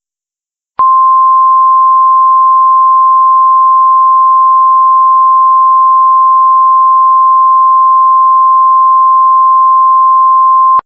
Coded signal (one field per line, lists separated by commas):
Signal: Emergency Alert System (SAME) tones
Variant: 1050 Hz attention tone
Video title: *VALID TONES* EAS REMAKES - Fairbanks, Alaska Severe Thunderstorm 6/2/19